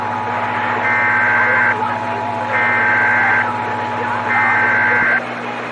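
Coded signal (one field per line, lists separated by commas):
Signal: Emergency Alert System (SAME) tones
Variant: header bursts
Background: speech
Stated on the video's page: Mock EAS with valid EAS tones.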